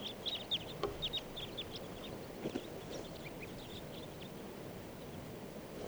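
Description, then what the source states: Red Crossbill flock calls, many short sharp calls from several birds, densest in the first two seconds, then sparser, over steady background hiss. Type 2 calls; large flock of about 25 arriving at a net while it is snowing.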